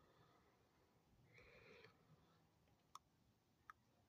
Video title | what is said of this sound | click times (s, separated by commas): Masterverse multi-figure review | pretty cool piece does have some notches on the inside to CL of Click into place when you get to each eye | 3.0 s, 3.7 s